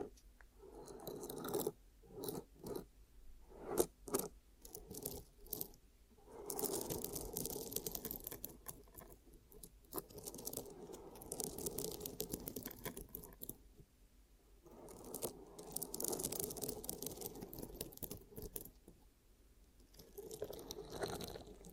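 Ear cupping triggers: rapid muffled scraping and crunchy rubbing in bursts, with hollow swells and brief near-silent pauses between them.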